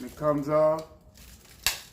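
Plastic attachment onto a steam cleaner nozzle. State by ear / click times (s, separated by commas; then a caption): seated / 1.7 s. Someone talks, then a plastic steamer attachment is pushed onto a steam cleaner nozzle and gives one sharp, loud click at 1.7 s. The attachment is seated on the nozzle.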